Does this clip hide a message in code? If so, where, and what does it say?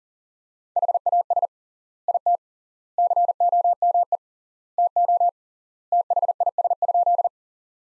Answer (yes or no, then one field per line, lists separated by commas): yes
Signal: Morse code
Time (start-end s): 0.8-7.3 s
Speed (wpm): 40 wpm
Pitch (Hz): 700 Hz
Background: none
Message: HAS IT COME TO THIS?